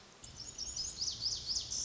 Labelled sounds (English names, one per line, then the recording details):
Lazuli Bunting
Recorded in Sonoma County, California